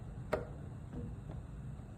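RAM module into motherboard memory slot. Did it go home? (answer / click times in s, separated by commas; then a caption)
no / none. A RAM stick is handled as it is lined up with a motherboard memory slot before being pressed down. A sharp tick is heard at about 0.3 s and a fainter one at about 1.3 s over a low, steady background hum. The stick has not seated or clicked into the slot yet.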